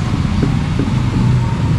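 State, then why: Not seated. While fitting the positive battery terminal on a 2024 Sniper 155 ABS motorcycle, the terminal bolt is turned against the battery post but fails to catch the thread. A steady low rumble fills the clip, with a few faint soft knocks near 0.4, 0.8 and 1.1 seconds. Nothing has seated or clicked yet.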